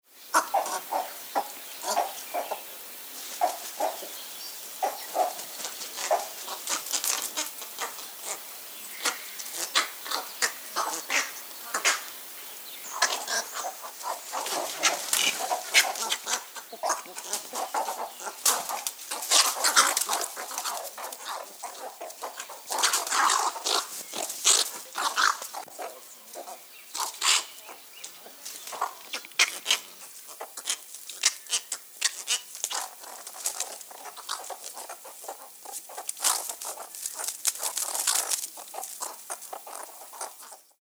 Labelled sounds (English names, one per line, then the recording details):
Western Cattle Egret
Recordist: Tembrock, Günter
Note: Kontaktlaute und im agonistischen Verhalten im Flug